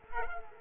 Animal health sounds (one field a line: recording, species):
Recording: mosquito wingbeat signal from an infrared sensor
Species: Culex quinquefasciatus